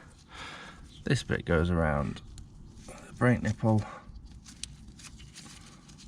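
Someone talks while handling a cover on a brake caliper, with the brake bleed nipple moved aside to make room so the cover can be pressed shut. Short sharp sounds come at about 2.4 s, 4.6 s and 5.0 s over quiet background noise. The cover has not seated or clicked into place yet.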